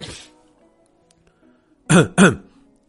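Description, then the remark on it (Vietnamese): Two quick, dry coughs in close succession from a person raising a hand to cover their mouth, after a brief hiss and near silence. Both bursts are loud and rough, with a slightly voiced edge. “Ngao Thiết đưa tay lên che miệng ho khan hỏi”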